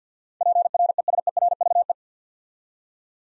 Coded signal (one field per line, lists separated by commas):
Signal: Morse code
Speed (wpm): 46 wpm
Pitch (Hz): 700 Hz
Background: none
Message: PRESERVE